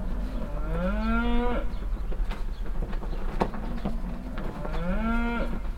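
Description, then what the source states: Cow giving two drawn-out rising moos separated by a pause, with low rumbling traffic-like noise and a few clicks between them. Farmstead beside a willow at Heiderscheid; one cow moos constantly and loudly while moving behind a bush; cars passing on the nearby street.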